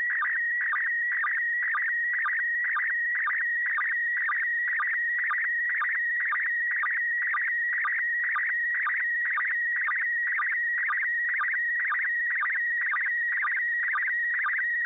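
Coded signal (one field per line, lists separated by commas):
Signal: SSTV (slow-scan television)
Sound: steady warbling tone with rhythmic low blips about twice a second throughout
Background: radio static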